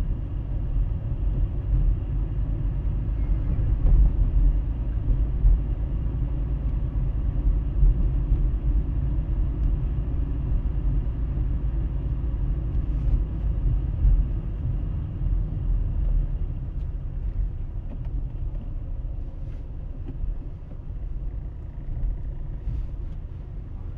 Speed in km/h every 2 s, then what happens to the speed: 22, 23, 23, 25, 26, 24, 24, 20, 12, 12, 12, 12.
0-12 steady at about 24. 12-16 slows to 12. 16-24 steady at about 12.